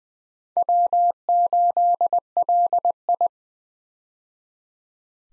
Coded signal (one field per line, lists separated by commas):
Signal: Morse code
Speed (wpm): 20 wpm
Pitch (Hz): 700 Hz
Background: none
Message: W8LI